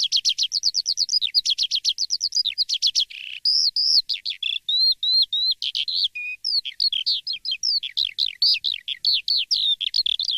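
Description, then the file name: Lark song opening with a fast series of repeated sharp notes, then shifting to varied whistled slurs and chattering phrases delivered in a continuous, energetic stream. Masteran recording, used to train songbirds to copy song. "masteran untuk lark"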